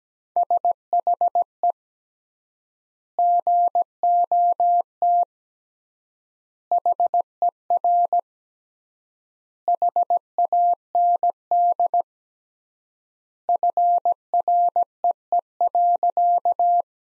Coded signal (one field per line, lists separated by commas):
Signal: Morse code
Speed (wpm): 17 wpm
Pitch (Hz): 700 Hz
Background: none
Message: SHE GOT HER HAND FREE.